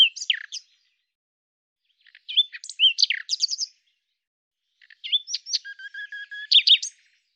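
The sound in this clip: Common nightingale song in three separate phrases, mixing sharp whistled notes, quick rattling bursts and a drawn-out steady tone, with silent pauses of over a second between phrases.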